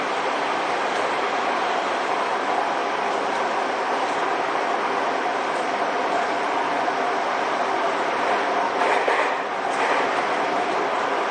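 A Seibu 6000 series train runs along the line, giving a steady, dense rumble and hiss that holds at an even level throughout. Around the nine-second mark a brief brighter whine rises and fades, then the constant rolling noise continues.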